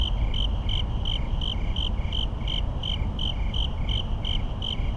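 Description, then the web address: Crickets chirping in steady rapid pulses over a constant low rumble of traffic. Crickets on a suburban night with rapid traffic echoes. "boom library Urban and Suburban. Suburban night crickets rapid traffic echoes"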